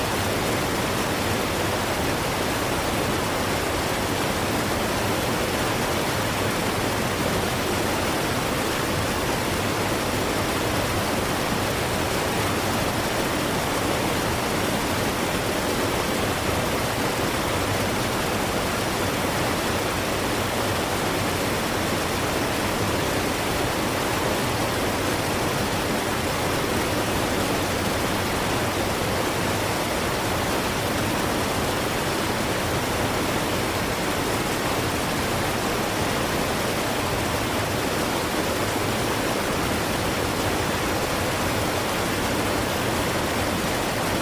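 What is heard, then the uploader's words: A waterfall roars steadily and densely throughout, a constant full rush from low rumble to bright hiss, with no breaks or separate events. Waterfall Sound.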